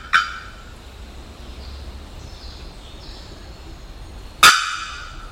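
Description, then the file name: Bearded bellbird calling twice, clanging metallic bocks about four seconds apart, with faint high whistles from other birds in the gap. 27 October 2001. "2001-10-27 Bearded Bellbird"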